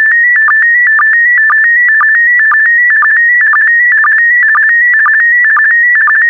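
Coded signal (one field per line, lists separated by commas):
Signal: SSTV (slow-scan television)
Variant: PD120 mode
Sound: warbling steady tone shifting slightly in pitch, with brief low chirps twice a second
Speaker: Five, four, three, two, one. Transmission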